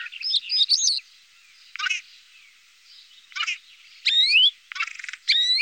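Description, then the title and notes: Common starling song in short bursts: squeaky warbles, a clicking rattle, rising whistled slurs and a buzzy grating phrase, separated by brief pauses. Recorded in Germany, Austria, Switzerland. "Sounds of birds from Germany, Austria, Switzerland"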